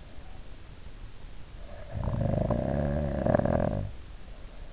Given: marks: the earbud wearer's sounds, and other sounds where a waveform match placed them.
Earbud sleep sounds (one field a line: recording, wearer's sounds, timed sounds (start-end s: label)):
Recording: sounds in sleep by an in-ear microphone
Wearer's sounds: snoring breath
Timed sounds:
1.60-4.23 s: snoring breath